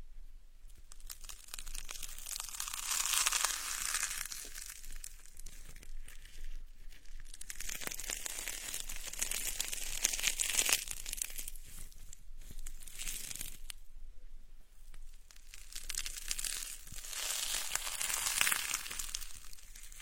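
Dry crinkling and crackling of dragon beard sugar being pulled apart, in slow swells peaking around 3, 10 and 18 seconds.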